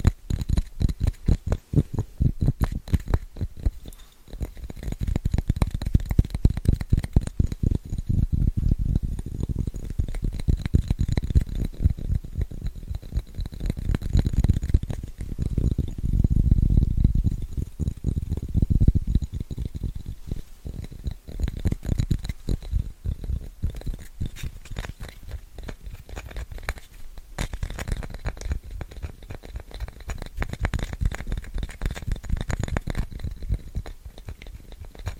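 Fast, scratchy tapping runs nearly nonstop, a dense patter of quick dry hits with a rough scraping edge. The taps carry a low thump, growing fuller and louder from about five to twenty seconds, then thinning slightly and continuing at a steady, busy pace.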